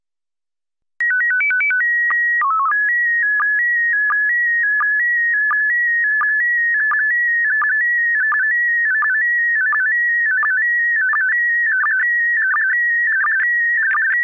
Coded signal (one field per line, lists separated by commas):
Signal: SSTV (slow-scan television)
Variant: PD 90